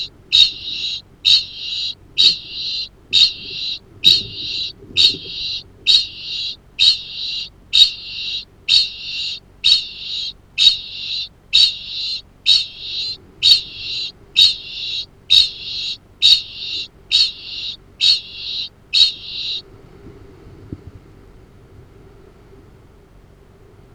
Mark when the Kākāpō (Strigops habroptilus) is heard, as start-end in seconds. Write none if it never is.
0.00-19.80